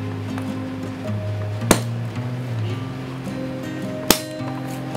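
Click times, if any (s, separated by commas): 1.7 s, 4.1 s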